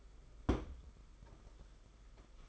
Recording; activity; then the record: daily activity, microphone in the room; place on stove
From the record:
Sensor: 5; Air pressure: 991.1 hPa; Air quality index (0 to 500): 91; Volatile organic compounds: 11 ppm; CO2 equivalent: 2298 ppm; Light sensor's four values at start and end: 33/103/40/42 and 33/103/40/42